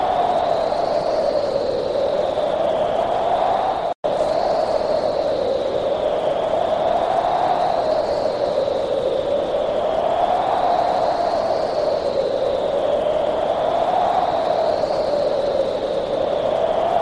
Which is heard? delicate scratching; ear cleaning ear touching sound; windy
windy